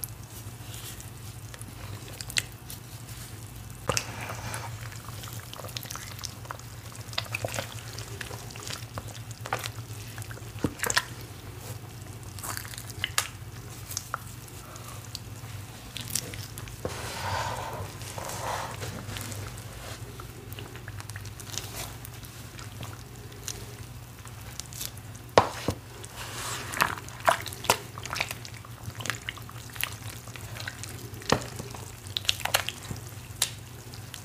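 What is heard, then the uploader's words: Wet squishing and pressing as a thick matcha cornstarch paste is worked and reformed. Soft sticky crackles and sharp clicks come irregularly throughout, growing busier after about 25 seconds, over a steady low hum. Matcha cornstarch paste and reforming.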